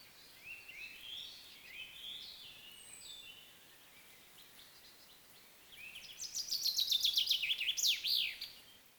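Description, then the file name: Common chaffinch song: faint sliding notes early on, then a louder rattling series of downslurred notes ending in a flourish near the close. "Fringilla coelebs"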